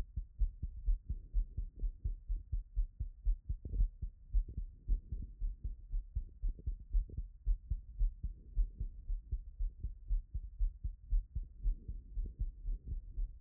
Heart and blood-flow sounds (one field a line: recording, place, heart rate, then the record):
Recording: heart sounds by stethoscope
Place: Erb's point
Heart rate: 114 bpm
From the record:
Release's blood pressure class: hypertension stage 1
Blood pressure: 130/71 mmHg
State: after exercise